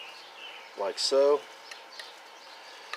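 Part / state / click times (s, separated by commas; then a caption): metal terminal clip in a rubber spark plug boot on an outboard ignition coil / seated / 2.9 s. A metal terminal clip inside the rubber spark plug boot of a new CDI universal ignition coil kit, for an Evinrude/Johnson 115 hp outboard engine (183-3737), is pushed home until it sits flush. Someone talks briefly over a quiet outdoor background with a couple of faint ticks. The clip seats with a sharp snap at 2.9 seconds.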